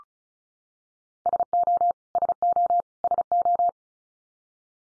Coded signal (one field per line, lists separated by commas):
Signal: Morse code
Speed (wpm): 34 wpm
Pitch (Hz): 700 Hz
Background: none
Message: SO SO SO